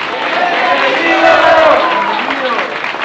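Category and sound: crowd, audience applauding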